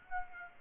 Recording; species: mosquito wingbeat signal from an infrared sensor; Aedes aegypti